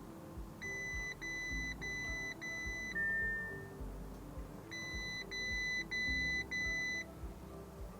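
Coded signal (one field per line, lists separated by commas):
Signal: none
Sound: car system chime beeps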